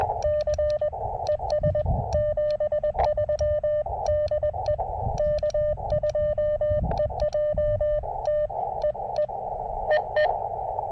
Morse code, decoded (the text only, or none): C ES 73 DE K2EJT EE EE